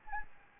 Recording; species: mosquito wingbeat signal from an infrared sensor; Aedes albopictus